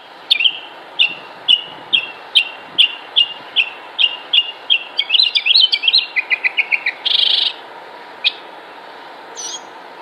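Bird song: a run of clear chirps about every half second, breaking into a quick warbled phrase and a short buzz, then scattered notes.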